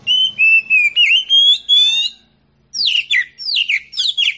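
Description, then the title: Oriental magpie-robin song: sweet whistled notes around a steady pitch, then after a short pause a run of rapid, varied descending whistles and chatters. Champion singing bird. "Kicau Burung Kacer Juara"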